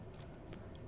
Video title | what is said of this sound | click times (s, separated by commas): Adding and editing photos from a camera to your pond site | slotting it in and that clicks in place | 0.8 s